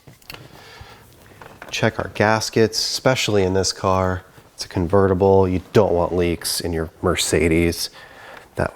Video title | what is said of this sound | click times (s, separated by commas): IG530 2020 SLC300 Hardwire radar detector installation | then that snaps into place. | 0.3 s